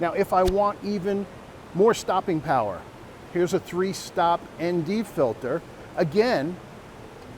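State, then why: Not seated. Someone talks while handling a KASE KW Revolution magnetic 3-stop ND filter, about to place it on the front of the lens filter stack over a polarizer. Nothing has seated or clicked yet; the clip ends before the filter snaps into place.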